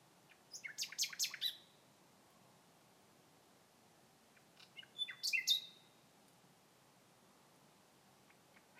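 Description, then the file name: Common nightingale singing two separate short phrases of quick, sharp chattering notes ending in a high whistle, with several seconds of silence between them. "Nachtigall Gesang"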